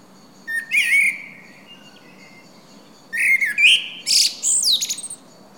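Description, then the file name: Common blackbird giving two phrases, each a rich low warble followed by thin, squeaky high notes, separated by a short pause. "Turdus merula"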